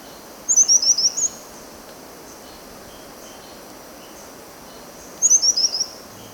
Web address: Natures Songs S America Birds of Ecuador. White-Winged Tanager